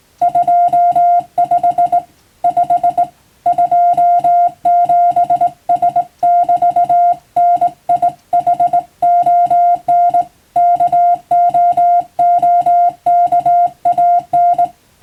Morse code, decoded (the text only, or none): 25 5 27S <BT> NIHON KOOKAN